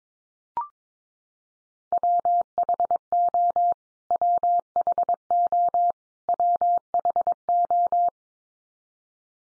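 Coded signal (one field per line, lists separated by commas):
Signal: Morse code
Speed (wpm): 22 wpm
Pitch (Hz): 700 Hz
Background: none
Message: WHO WHO WHO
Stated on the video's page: Practice drill of the 100 most common English words, each sent three times at 22wpm, then sent again.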